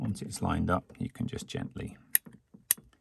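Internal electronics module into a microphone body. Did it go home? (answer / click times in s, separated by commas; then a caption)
yes / 2.2 s, 2.7 s. Someone talks as the internal electronics module, once lined up, is gently wiggled along the metal rails into the body of a Neumann U87Ai microphone during an MK67 mod. Two sharp clicks ring out at about 2.2 s and 2.7 s as the module snaps into place, and it is seated.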